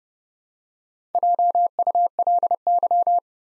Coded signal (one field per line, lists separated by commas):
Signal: Morse code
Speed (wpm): 30 wpm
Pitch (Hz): 700 Hz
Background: none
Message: JULY